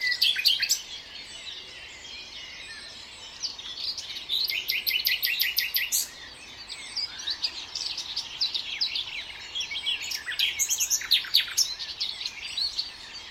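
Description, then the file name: Common nightingale song with varied phrases and rapid repeated staccato notes, pausing briefly between bursts. "Luscinia megarhynchos"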